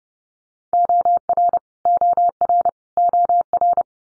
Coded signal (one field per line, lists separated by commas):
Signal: Morse code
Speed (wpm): 29 wpm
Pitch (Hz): 700 Hz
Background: none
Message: OR OR OR